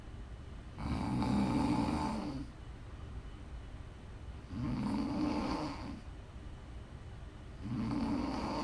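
Three loud, rattling inspiratory snores, each about one and a half seconds long, come roughly every 3.5 seconds, about 17 breaths a minute, with quiet exhalations between them. This is ordinary ASMR-style snoring from an adult asleep in a quiet room.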